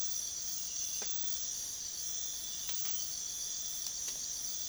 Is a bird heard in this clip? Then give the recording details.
no. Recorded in secondary vegetation near Puerto Asís, Putumayo, Colombia, on 23 June 2025 at 03:30. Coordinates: 0.500, -76.326. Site GP08